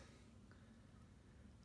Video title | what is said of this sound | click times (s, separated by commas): How to Install Recessed / Pot Lights in Existing Ceilings. PART TWO | you push it down in there and it clicks into place | 0.5 s